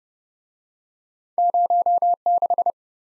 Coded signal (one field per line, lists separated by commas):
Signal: Morse code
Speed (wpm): 27 wpm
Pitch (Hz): 700 Hz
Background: none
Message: 06